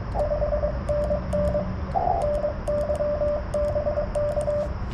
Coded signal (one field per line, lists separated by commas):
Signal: Morse code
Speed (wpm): 23 wpm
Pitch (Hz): 590 Hz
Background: radio noise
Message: 5NN NYBK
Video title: CW POTA at US-4567 with the Yaesu 891